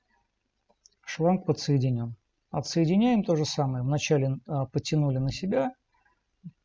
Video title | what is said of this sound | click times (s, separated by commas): Сборка снаряжения для дайвинга. SCUBA. | со видение после этого нажали на шланг до щелчка все шланг | 0.9 s